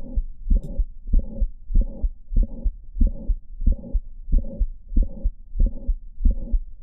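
Heart by stethoscope in a patient with Marfan syndrome, myxomatous degeneration and mitral valve prolapse. On standing again after squatting, the click and murmur move toward the first heart sound; the click is early and the murmur is now almost pansystolic.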